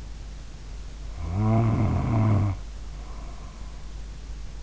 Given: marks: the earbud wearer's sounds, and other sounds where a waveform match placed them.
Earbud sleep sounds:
sounds in sleep by an in-ear microphone; snoring breath
1.13-3.74 s: snoring breath

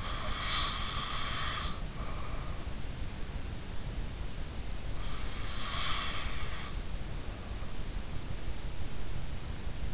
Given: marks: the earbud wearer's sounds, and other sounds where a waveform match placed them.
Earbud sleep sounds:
sounds in sleep by an in-ear microphone; breath
0.00-2.87 s: breath
5.56-6.98 s: breath

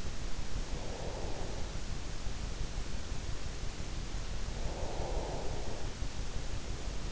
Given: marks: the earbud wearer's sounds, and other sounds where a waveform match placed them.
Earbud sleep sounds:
sounds in sleep by an in-ear microphone; breath
0.70-2.12 s: breath
4.59-7.12 s: breath

